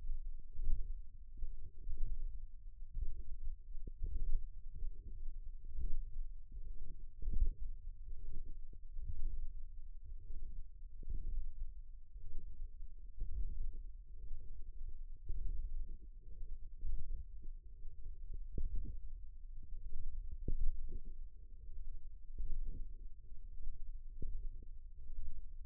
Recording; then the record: forearm muscle sounds (acoustic myography)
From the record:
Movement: ulnar deviation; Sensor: system 1, eight BSWA MPA416 microphones around the upper forearm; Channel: 6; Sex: female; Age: 21 years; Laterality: right